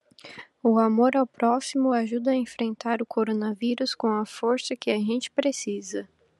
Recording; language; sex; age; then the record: spoken sentence; Brazilian Portuguese; female; 20 to 29 years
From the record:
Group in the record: control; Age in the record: 28 years